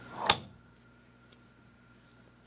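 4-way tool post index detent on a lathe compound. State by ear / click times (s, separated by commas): seated / 0.3 s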